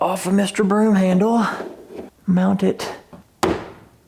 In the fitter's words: Now that that's mounted in there and clicked into place, we should be able to just fine-tune everything.